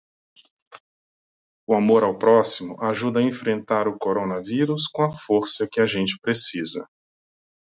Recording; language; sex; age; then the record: spoken sentence; Brazilian Portuguese; male; 40 to 49 years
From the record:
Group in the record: control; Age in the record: 41 years